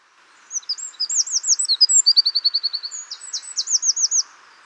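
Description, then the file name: Eurasian wren song: brisk series of high, looping notes, a short even trill, then a final run of rapid curling notes. "Troglodytes troglodytes"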